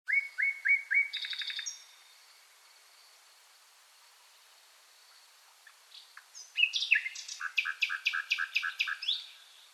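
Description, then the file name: Common nightingale song with a burst of repeated whistled notes and a buzzy trill, a quiet pause, then a dense rattling phrase of fast varied chirps. "Luscinia megarhynchos"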